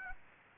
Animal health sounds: mosquito wingbeat signal from an infrared sensor; Aedes aegypti

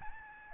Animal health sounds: mosquito wingbeat signal from an infrared sensor; Aedes albopictus

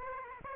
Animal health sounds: mosquito wingbeat signal from an infrared sensor; Aedes aegypti

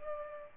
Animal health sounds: mosquito wingbeat signal from an infrared sensor; Culex pipiens

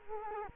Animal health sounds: mosquito wingbeat signal from an infrared sensor; Culex quinquefasciatus

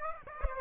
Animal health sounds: mosquito wingbeat signal from an infrared sensor; Aedes aegypti

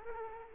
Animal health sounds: mosquito wingbeat signal from an infrared sensor; Culex quinquefasciatus

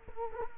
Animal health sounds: mosquito wingbeat signal from an infrared sensor; Culex quinquefasciatus

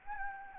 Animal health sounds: mosquito wingbeat signal from an infrared sensor; Anopheles gambiae

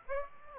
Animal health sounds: mosquito wingbeat signal from an infrared sensor; Aedes aegypti

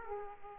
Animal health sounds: mosquito wingbeat signal from an infrared sensor; Aedes aegypti

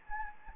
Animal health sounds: mosquito wingbeat signal from an infrared sensor; Anopheles gambiae

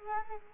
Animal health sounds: mosquito wingbeat signal from an infrared sensor; Culex quinquefasciatus

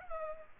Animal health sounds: mosquito wingbeat signal from an infrared sensor; Culex pipiens

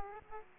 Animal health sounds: mosquito wingbeat signal from an infrared sensor; Aedes aegypti

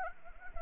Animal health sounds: mosquito wingbeat signal from an infrared sensor; Anopheles arabiensis

